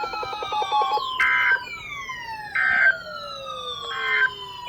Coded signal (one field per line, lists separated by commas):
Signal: Emergency Alert System (SAME) tones